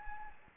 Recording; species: mosquito wingbeat signal from an infrared sensor; Anopheles gambiae